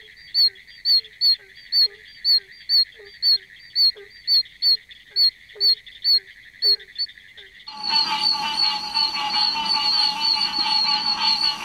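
Toad calls as sharp, high chirps repeated about twice a second, then a dense, noisy chorus takes over for the last four seconds.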